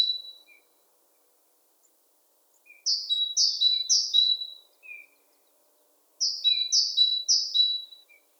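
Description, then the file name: Great tit song, a bright, high two-note phrase sung three times in quick succession, a short pause, then three more, with a few soft single notes between. "Parus major"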